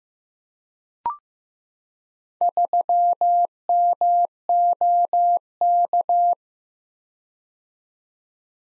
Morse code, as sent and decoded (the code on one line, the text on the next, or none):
...-- -- --- -.-
3MOK